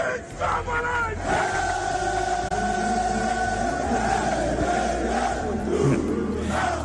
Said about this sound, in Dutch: Hij kreeg heel Alexandra Palace aan het zingen tijdens de halve finale